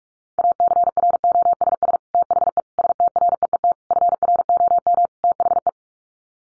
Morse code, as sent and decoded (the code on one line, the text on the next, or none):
.- -.-. .-. --- ... ... / - .... . / ... - .-. . . - / ..-. .-. --- -- / - .... .
ACROSS THE STREET FROM THE